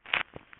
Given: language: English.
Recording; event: throat vibration sensor signal played as sound; swallow